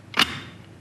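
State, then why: Seated. A thin plastic dark slide, white side facing forward, is pushed back into a large format sheet film holder. A short, bright click sounds at 0.2 s and fades into a soft tail. The slide seats flush and light-tight all the way around.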